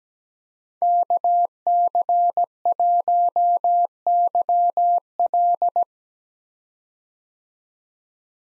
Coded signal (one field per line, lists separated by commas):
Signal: Morse code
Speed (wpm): 17 wpm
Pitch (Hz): 700 Hz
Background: none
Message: KC1YL